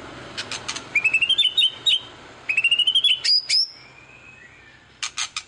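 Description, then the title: White-rumped shama song of fast high chattering whistled notes in two rapid bursts, with sharp clicking notes at start and end. Lure of a vigorously singing (gacor) bird, said to make other birds respond at once on a single hearing. "PANCINGAN MURAI BATU GACOR"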